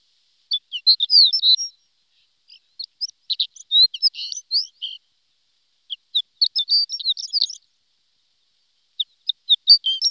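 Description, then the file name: Horned lark song, a high, tinkling jumble of short chirps in four phrases with brief silences between them. "shore lark"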